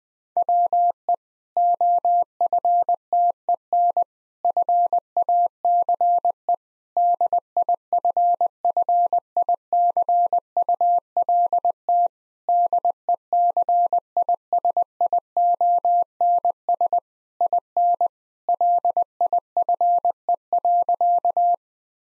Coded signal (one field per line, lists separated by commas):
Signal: Morse code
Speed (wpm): 20 wpm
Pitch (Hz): 700 Hz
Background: none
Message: WE OFTEN FACE DIFFICULT DECISIONS IN LIFE.